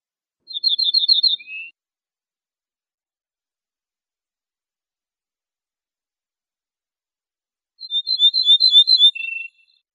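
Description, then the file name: Ortolan bunting song: two short phrases several seconds apart, each a quick run of repeated high ringing notes ending on a lower note, with silence between. "suara kicauan ortolan"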